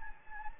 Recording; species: mosquito wingbeat signal from an infrared sensor; Anopheles gambiae